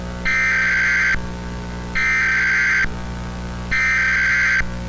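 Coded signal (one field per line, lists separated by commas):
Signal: Emergency Alert System (SAME) tones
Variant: header bursts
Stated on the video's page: Fictional EAS scenario.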